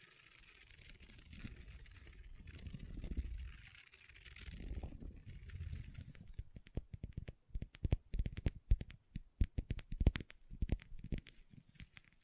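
Long nails work on a tabletop, starting with soft, swelling scratching strokes that rise and fall in low rushing waves for about six seconds. Then quick, sharp tapping takes over, irregular clusters of crisp clicks continuing to the end.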